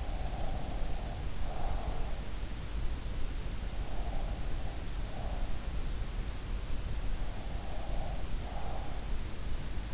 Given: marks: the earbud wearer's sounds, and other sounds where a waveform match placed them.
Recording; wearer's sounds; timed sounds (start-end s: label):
sounds in sleep by an in-ear microphone; breath
0.00-1.99 s: breath
7.68-9.04 s: breath